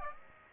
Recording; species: mosquito wingbeat signal from an infrared sensor; Aedes aegypti